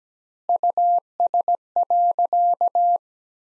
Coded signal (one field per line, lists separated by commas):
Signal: Morse code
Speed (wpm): 17 wpm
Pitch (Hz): 700 Hz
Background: none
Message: US.